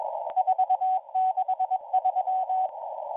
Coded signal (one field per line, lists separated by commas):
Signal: Morse code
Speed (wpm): 21 wpm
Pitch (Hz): 750 Hz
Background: radio noise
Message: 463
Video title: M01 Morse Code Numbers 15/09/2022 2000 UTC 5020kHz